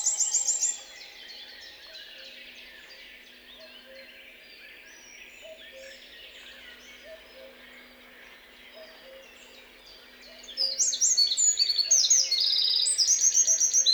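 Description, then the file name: Eurasian wren song: a loud, rapid, high trill at the start, then quieter background birdsong, then a long burst of fast, ringing trills and chattering notes in the final four seconds. "Troglodytes troglodytes"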